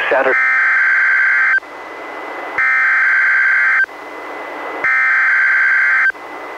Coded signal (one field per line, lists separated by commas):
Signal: Emergency Alert System (SAME) tones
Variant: header bursts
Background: speech